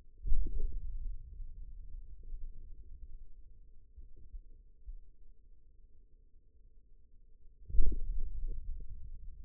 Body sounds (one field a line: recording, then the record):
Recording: forearm muscle sounds (acoustic myography)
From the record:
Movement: hand opening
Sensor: system 2, bracelet of six BSWA MPA416 microphones around the upper forearm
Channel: 3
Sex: male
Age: 22 years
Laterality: right